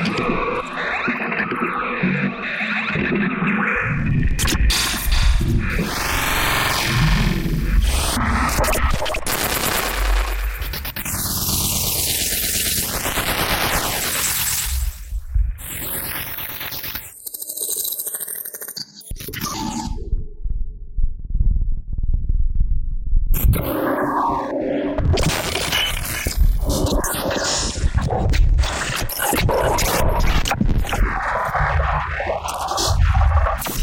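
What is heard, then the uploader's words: Strange noises: dense scraping, rumbling clatter with eerie tones sweeping up and down, briefly thinning to a low hum around twenty seconds. Some strange noises i made in Renoise.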